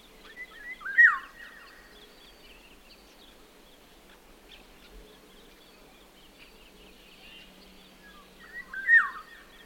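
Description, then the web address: Eurasian golden oriole giving two short, loud, descending calls about eight seconds apart. "иволга"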